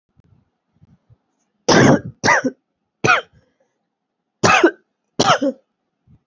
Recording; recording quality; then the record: heavy voluntary cough; excellent, no background noise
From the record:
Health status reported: COVID-19 positive, mild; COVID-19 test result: positive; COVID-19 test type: RT-PCR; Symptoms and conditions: cough, cold, breathing difficulty, sore throat, fever, fatigue, muscle pain, loss of smell and taste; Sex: female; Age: 20 years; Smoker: no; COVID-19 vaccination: both doses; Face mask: not worn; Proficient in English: yes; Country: India